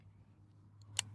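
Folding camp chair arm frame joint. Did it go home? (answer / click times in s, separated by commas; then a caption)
yes / 1.0 s. The second arm of a TCEK Swivel Portable Camp Chair is pulled out and snapped into its locked position on the folding frame joint. Over a low steady hum, a faint tick comes at 0.8 s, then one sharp, bright click at 1.0 s, with another faint tick at 1.2 s. The arm joint snaps locked at 1.0 s.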